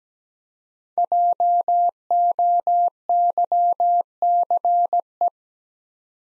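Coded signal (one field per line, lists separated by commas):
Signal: Morse code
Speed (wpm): 17 wpm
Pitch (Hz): 700 Hz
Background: none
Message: JOYCE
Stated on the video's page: Morse practice at 17 wpm, common US names of up to five letters for head-copy, each sent, spoken, then sent again.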